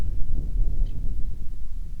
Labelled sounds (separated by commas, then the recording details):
bird, wind
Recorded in the Prudhoe Bay oil fields, Alaska, on 10 July 2019 at 09:25
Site 11